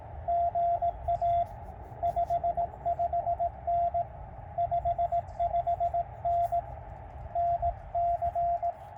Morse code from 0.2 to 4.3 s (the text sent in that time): GA 55N